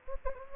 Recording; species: mosquito wingbeat signal from an infrared sensor; Anopheles gambiae